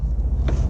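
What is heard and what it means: The lower end of a replacement hood gas strut on a VW Mk4 is lined up so its socket sits over the ball stud on the car body, then pushed until the internal spring clip snaps over the ball. Over a steady low rumble, a short sharp snap is heard at 0.5 s. The strut is seated and on.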